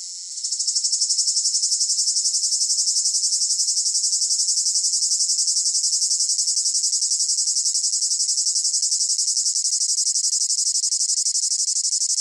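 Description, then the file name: Cicada call, a sustained shrill whine rising in quickly then pulsing fast and regularly for the whole stretch, no other sounds. Recorded close up; rhythmic chirping in long phrases with a piercing whine. "gain walkers CICADA Close Up Rhythmic Chirping Long Phrases Piercing Whine"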